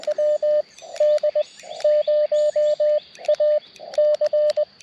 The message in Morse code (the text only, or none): WD0AC